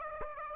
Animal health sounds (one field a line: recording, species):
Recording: mosquito wingbeat signal from an infrared sensor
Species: Aedes aegypti